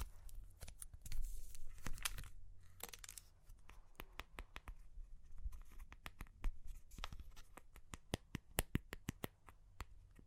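Crunchy clay cracks and crumbles in a rapid series of sharp, dry snaps, some clustered into gritty bursts near the start and around two and three seconds. Later the cracks come as separate crisp clicks, a few every second, over a low steady hum.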